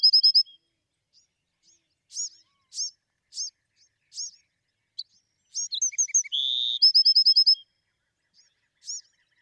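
Bewick's wren song, a rapid opening trill, scattered thin high chips, then a buzzy note and a fast run of bright repeated notes.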